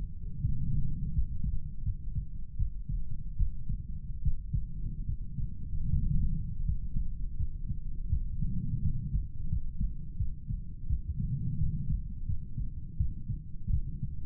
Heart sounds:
heart sounds by stethoscope; 81 bpm
0.41 s: heartbeat
1.13 s: heartbeat
1.83 s: heartbeat
2.56 s: heartbeat
3.36 s: heartbeat
4.22 s: heartbeat
5.05 s: heartbeat
5.90 s: heartbeat
6.65 s: heartbeat
7.37 s: heartbeat
8.09 s: heartbeat
8.82 s: heartbeat
9.49 s: heartbeat
10.17 s: heartbeat
10.87 s: heartbeat
11.58 s: heartbeat
12.26 s: heartbeat
12.97 s: heartbeat
13.70 s: heartbeat
From the record:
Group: healthy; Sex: male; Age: 35 years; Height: 178 cm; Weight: 64 kg

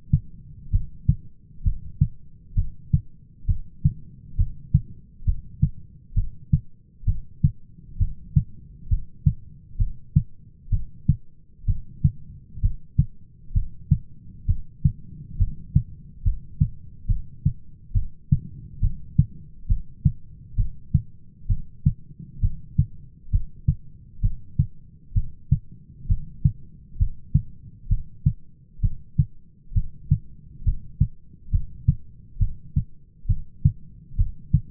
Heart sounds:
heart sounds by stethoscope; 66 bpm
0.73 s: heartbeat
1.65 s: heartbeat
2.57 s: heartbeat
3.48 s: heartbeat
4.38 s: heartbeat
5.27 s: heartbeat
6.16 s: heartbeat
7.07 s: heartbeat
8.00 s: heartbeat
8.91 s: heartbeat
9.79 s: heartbeat
10.72 s: heartbeat
11.68 s: heartbeat
12.63 s: heartbeat
13.55 s: heartbeat
14.48 s: heartbeat
15.39 s: heartbeat
16.25 s: heartbeat
17.09 s: heartbeat
17.95 s: heartbeat
18.82 s: heartbeat
19.69 s: heartbeat
20.58 s: heartbeat
21.50 s: heartbeat
22.43 s: heartbeat
23.33 s: heartbeat
24.23 s: heartbeat
25.16 s: heartbeat
26.09 s: heartbeat
27.00 s: heartbeat
27.90 s: heartbeat
28.83 s: heartbeat
29.75 s: heartbeat
30.66 s: heartbeat
31.52 s: heartbeat
32.40 s: heartbeat
33.29 s: heartbeat
34.18 s: heartbeat
From the record:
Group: heart failure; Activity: rest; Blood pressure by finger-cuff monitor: 133/100 mmHg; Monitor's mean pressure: 112 mmHg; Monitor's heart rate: 66 bpm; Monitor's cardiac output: 5.9 L/min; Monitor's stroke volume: 89 mL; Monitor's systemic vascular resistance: 1430 dyn s/cm5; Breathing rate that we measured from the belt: 16 breaths a minute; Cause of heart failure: idiopathic cardiomyopathy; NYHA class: 1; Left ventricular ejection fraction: 50%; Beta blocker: bisoprolol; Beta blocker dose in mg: 5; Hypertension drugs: candesartan, spironolactone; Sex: male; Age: 54 years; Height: 180 cm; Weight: 94.6 kg

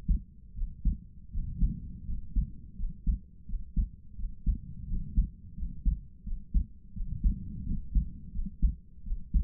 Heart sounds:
heart sounds by stethoscope; 85 bpm
0.53 s: heartbeat
1.29 s: heartbeat
2.04 s: heartbeat
2.75 s: heartbeat
3.45 s: heartbeat
4.15 s: heartbeat
4.85 s: heartbeat
5.54 s: heartbeat
6.23 s: heartbeat
6.92 s: heartbeat
7.63 s: heartbeat
8.31 s: heartbeat
9.02 s: heartbeat
From the record:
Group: healthy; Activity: rest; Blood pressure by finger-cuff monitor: 89/66 mmHg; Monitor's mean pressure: 70 mmHg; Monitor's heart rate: 81 bpm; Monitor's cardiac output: 5.3 L/min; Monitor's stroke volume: 63 mL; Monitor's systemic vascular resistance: 970 dyn s/cm5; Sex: male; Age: 22 years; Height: 181 cm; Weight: 60 kg

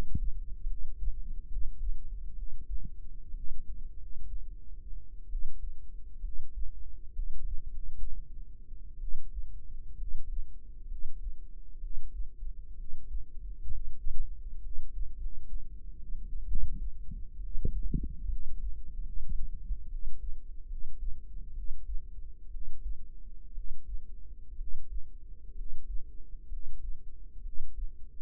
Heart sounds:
heart sounds by microphone in the right ear; 65 bpm
0.64 s: heartbeat
1.46 s: heartbeat
2.32 s: heartbeat
3.31 s: heartbeat
3.94 s: heartbeat
5.27 s: heartbeat
6.19 s: heartbeat
7.10 s: heartbeat
7.66 s: heartbeat
8.97 s: heartbeat
9.95 s: heartbeat
10.85 s: heartbeat
11.77 s: heartbeat
12.73 s: heartbeat
13.67 s: heartbeat
14.59 s: heartbeat
15.14 s: heartbeat
16.45 s: heartbeat
17.38 s: heartbeat
18.26 s: heartbeat
18.98 s: heartbeat
19.86 s: heartbeat
20.65 s: heartbeat
21.51 s: heartbeat
22.48 s: heartbeat
23.51 s: heartbeat
24.54 s: heartbeat
25.52 s: heartbeat
26.46 s: heartbeat
27.40 s: heartbeat
From the record:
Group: healthy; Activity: cold pressor test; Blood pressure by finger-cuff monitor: 115/75 mmHg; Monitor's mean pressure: 86 mmHg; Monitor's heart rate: 64 bpm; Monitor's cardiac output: 5.4 L/min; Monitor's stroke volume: 78 mL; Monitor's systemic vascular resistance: 1170 dyn s/cm5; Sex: female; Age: 22 years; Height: 171 cm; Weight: 65.6 kg

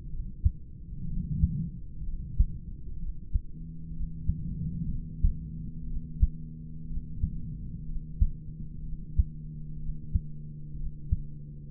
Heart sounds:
heart sounds by stethoscope; 62 bpm
0.10 s: heartbeat
1.07 s: heartbeat
2.04 s: heartbeat
2.99 s: heartbeat
3.93 s: heartbeat
4.88 s: heartbeat
5.87 s: heartbeat
6.87 s: heartbeat
7.86 s: heartbeat
8.83 s: heartbeat
9.79 s: heartbeat
10.76 s: heartbeat
From the record:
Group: heart failure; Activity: rest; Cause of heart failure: idiopathic cardiomyopathy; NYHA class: 2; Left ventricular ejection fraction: 17%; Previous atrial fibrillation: present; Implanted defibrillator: present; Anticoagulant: edoxaban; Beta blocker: bisoprolol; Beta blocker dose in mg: 7.5 twice daily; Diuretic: furosemide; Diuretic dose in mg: 20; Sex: male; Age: 63 years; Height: 160 cm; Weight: 69 kg

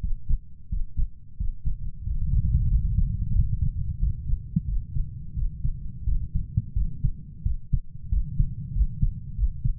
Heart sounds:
heart sounds by stethoscope; 90 bpm
0.02 s: heartbeat
0.71 s: heartbeat
1.39 s: heartbeat
2.06 s: heartbeat
2.70 s: heartbeat
3.34 s: heartbeat
4.01 s: heartbeat
4.68 s: heartbeat
5.36 s: heartbeat
6.07 s: heartbeat
6.76 s: heartbeat
7.46 s: heartbeat
8.12 s: heartbeat
8.76 s: heartbeat
9.38 s: heartbeat
From the record:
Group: healthy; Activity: breath hold 0-5 s, rest 5-10 s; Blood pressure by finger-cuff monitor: 129/75 mmHg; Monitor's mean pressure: 91 mmHg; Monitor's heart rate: 89 bpm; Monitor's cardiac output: 7.1 L/min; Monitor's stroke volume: 80 mL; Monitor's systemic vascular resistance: 940 dyn s/cm5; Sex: male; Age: 21 years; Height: 175 cm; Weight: 72.6 kg

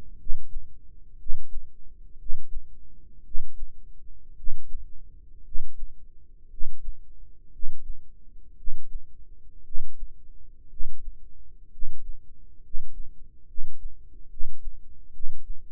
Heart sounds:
heart sounds by microphone in the right ear; 60 bpm
0.19 s: heartbeat
1.19 s: heartbeat
2.18 s: heartbeat
3.24 s: heartbeat
4.36 s: heartbeat
5.44 s: heartbeat
6.49 s: heartbeat
7.51 s: heartbeat
8.56 s: heartbeat
9.63 s: heartbeat
10.69 s: heartbeat
11.70 s: heartbeat
12.61 s: heartbeat
13.46 s: heartbeat
14.28 s: heartbeat
15.12 s: heartbeat
From the record:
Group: healthy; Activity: rest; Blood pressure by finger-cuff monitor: 121/68 mmHg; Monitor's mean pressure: 85 mmHg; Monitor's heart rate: 59 bpm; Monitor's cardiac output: 6.6 L/min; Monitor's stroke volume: 115 mL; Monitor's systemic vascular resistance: 970 dyn s/cm5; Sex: male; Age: 35 years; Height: 180 cm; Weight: 86.9 kg

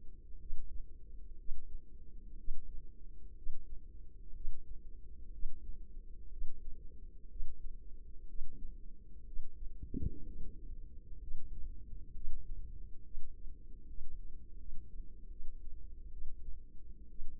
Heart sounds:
heart sounds by microphone in the left ear; 65 bpm
0.38 s: heartbeat
1.36 s: heartbeat
2.36 s: heartbeat
3.34 s: heartbeat
4.32 s: heartbeat
5.30 s: heartbeat
6.29 s: heartbeat
7.27 s: heartbeat
8.26 s: heartbeat
9.24 s: heartbeat
10.22 s: heartbeat
11.18 s: heartbeat
12.11 s: heartbeat
13.02 s: heartbeat
13.85 s: heartbeat
14.55 s: heartbeat
15.28 s: heartbeat
16.09 s: heartbeat
17.08 s: heartbeat
From the record:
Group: healthy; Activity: breath hold 0-11 s, rest 11-17 s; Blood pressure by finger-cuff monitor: 109/73 mmHg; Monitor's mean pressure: 87 mmHg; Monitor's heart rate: 61 bpm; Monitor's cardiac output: 5 L/min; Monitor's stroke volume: 81 mL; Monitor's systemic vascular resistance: 1240 dyn s/cm5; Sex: female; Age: 24 years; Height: 163 cm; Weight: 55.7 kg

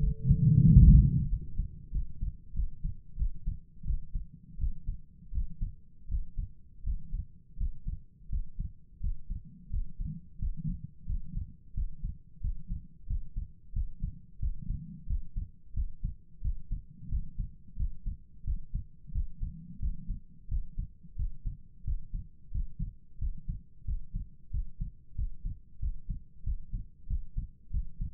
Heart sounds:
heart sounds by stethoscope; 89 bpm
0.63 s: heartbeat
1.27 s: heartbeat
1.90 s: heartbeat
2.53 s: heartbeat
3.15 s: heartbeat
3.83 s: heartbeat
4.57 s: heartbeat
5.30 s: heartbeat
6.07 s: heartbeat
6.82 s: heartbeat
7.56 s: heartbeat
8.28 s: heartbeat
8.99 s: heartbeat
9.68 s: heartbeat
10.37 s: heartbeat
11.04 s: heartbeat
11.72 s: heartbeat
12.39 s: heartbeat
13.05 s: heartbeat
13.71 s: heartbeat
14.38 s: heartbeat
15.05 s: heartbeat
15.72 s: heartbeat
16.40 s: heartbeat
17.07 s: heartbeat
17.75 s: heartbeat
18.42 s: heartbeat
19.10 s: heartbeat
19.78 s: heartbeat
20.47 s: heartbeat
21.14 s: heartbeat
21.82 s: heartbeat
22.50 s: heartbeat
23.17 s: heartbeat
23.83 s: heartbeat
24.49 s: heartbeat
25.14 s: heartbeat
25.78 s: heartbeat
26.42 s: heartbeat
27.05 s: heartbeat
27.69 s: heartbeat
From the record:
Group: healthy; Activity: breath hold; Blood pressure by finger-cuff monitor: 116/72 mmHg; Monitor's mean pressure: 87 mmHg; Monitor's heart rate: 89 bpm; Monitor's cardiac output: 6.9 L/min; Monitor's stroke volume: 78 mL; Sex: female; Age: 32 years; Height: 172 cm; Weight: 71.7 kg

